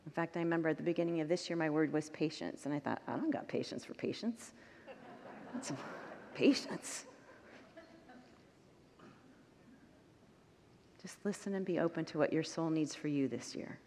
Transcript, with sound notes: In fact, I remember at the beginning of this year, my word was patience. And I thought, “I don’t got patience for patience.” [Congregants laugh] Patience?!? Just listen and be open to what your soul needs for you this year.